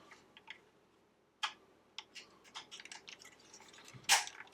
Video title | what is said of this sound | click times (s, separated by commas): Build G1 Optimus Prime - Agora Models vs. LEGO - Left Shoulder & LEGO Steps 35-51 | that just clips into place. Oh my gosh, that is so cool. | 2.0 s